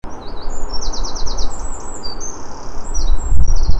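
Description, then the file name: Eurasian wren singing a long, high, rapid song of trills and quick twittering notes, with strong low rumbling background noise throughout, louder near the end. "Troglodytes troglodytes"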